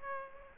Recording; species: mosquito wingbeat signal from an infrared sensor; Aedes aegypti